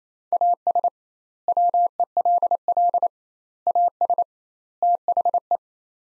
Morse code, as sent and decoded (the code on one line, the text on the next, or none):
.- ... / .-- . .-.. .-.. / .- ... / - .... .
AS WELL AS THE